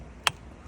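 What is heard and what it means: Pushing down on the A-pillar trim panel of a GR Corolla releases the plastic top clip from the car body with a single short, sharp click at 0.3 s. The rest of the clip is quiet. The trim clip pops free.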